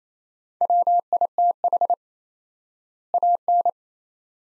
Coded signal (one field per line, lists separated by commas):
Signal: Morse code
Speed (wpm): 28 wpm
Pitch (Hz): 700 Hz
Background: none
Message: WITH AN